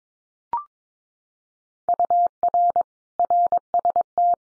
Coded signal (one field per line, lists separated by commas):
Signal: Morse code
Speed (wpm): 22 wpm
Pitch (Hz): 700 Hz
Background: none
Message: UR RST